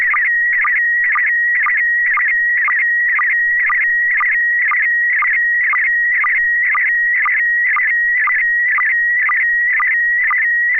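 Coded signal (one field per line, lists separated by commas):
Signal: SSTV (slow-scan television)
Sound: warbling, buzzy whistle around 2 kHz with a regular low tick about twice a second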